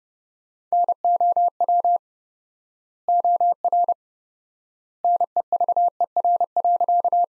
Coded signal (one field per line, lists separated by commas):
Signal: Morse code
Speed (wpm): 30 wpm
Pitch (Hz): 700 Hz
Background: none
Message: NOW OR NEVER.